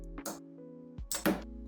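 On a Fiat 500 Abarth, a broken plastic fender pillar corner trim piece is pulled off its car body clips over a steady low hum, with soft handling noises near the start. A loud, sharp snap at 1.1 s, followed closely by a second crack, marks the already-destroyed trim releasing and coming off.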